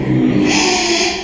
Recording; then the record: squeal of a Yucatan mini pig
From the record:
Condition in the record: after surgery on the right vocal fold (resection and tissue-engineered implant); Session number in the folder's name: 2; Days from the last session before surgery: 13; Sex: male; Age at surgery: 12 weeks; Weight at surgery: 13 kg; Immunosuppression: cyclosporine, prednisolone